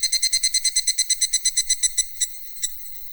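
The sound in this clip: Cicada call: quick, rhythmic buzzing pulses that gradually fade and slow, ending with a few isolated throbs.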